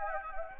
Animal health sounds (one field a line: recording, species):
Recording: mosquito wingbeat signal from an infrared sensor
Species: Anopheles gambiae